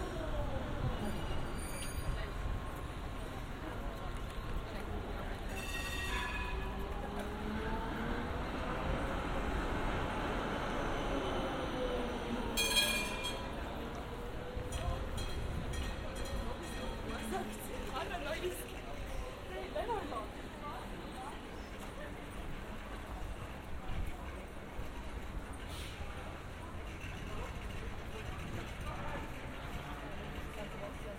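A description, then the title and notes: A binaural field recording in Amsterdam: a steady bed of street and traffic noise with voices talking throughout, some rising and falling tones like a passing tram or train. Brief bright clicks or rattles cut through around 6 and 13 seconds. A binaural field recording from this past June in Amsterdam.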